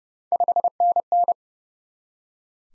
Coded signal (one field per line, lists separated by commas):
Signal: Morse code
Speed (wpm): 30 wpm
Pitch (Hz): 700 Hz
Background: none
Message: 5NN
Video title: Top 20 QSO Elements 30wpm